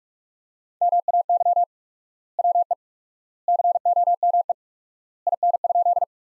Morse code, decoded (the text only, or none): MAY WE COME IN?